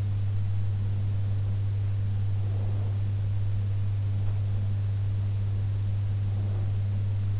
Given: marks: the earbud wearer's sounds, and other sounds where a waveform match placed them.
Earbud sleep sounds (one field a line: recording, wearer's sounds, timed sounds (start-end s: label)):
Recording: sounds in sleep by an in-ear microphone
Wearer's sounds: breath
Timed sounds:
2.28-3.14 s: breath